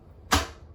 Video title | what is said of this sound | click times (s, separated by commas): Feral Housewife Installs Genie Bidet | and clicks in place just like that it's not magical so | 0.3 s